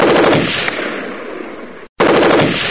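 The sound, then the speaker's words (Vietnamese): A submachine gun mounted on a firing rig fires at a flag-bearer: a loud, rapid automatic burst of sharp cracks that runs for nearly two seconds, cuts off for an instant, then resumes just as fast. “Nổ súng! Nhắm trúng thằng Căm Cơ! Nòng tiểu liên của Mon nảy bật trên cái thiết bị bắn.”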